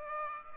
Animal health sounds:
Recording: mosquito wingbeat signal from an infrared sensor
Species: Culex pipiens

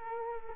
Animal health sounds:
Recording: mosquito wingbeat signal from an infrared sensor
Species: Culex quinquefasciatus

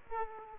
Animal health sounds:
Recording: mosquito wingbeat signal from an infrared sensor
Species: Aedes aegypti

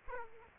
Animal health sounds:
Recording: mosquito wingbeat signal from an infrared sensor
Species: Aedes aegypti

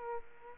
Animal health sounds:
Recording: mosquito wingbeat signal from an infrared sensor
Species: Aedes aegypti

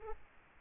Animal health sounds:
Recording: mosquito wingbeat signal from an infrared sensor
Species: Aedes aegypti

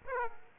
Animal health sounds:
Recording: mosquito wingbeat signal from an infrared sensor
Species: Aedes aegypti

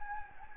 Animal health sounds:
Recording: mosquito wingbeat signal from an infrared sensor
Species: Anopheles gambiae

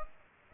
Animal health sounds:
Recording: mosquito wingbeat signal from an infrared sensor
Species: Aedes aegypti

